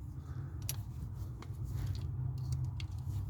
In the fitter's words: didn't click but it did go on